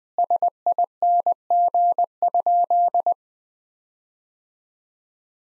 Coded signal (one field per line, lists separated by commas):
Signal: Morse code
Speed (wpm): 20 wpm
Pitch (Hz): 700 Hz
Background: none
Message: SING?